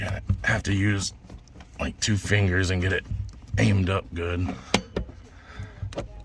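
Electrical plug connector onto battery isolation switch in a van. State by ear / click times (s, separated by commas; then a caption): seated / 5.0 s, 5.9 s. Someone talks while a wiring connector that had been pulled off the battery isolation switch in a Mercedes Sprinter van is aimed with two fingers and pushed back on. Sharp clicks at 5.0 s and 5.9 s mark the connector seating nice and tight, and the dash lights come on afterward.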